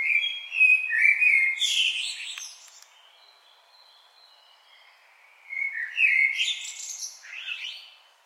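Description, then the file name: Common blackbird song: two phrases of rich, fluted warbling, each ending in thin, high twitters, separated by a pause of a few seconds. "Turdus merula"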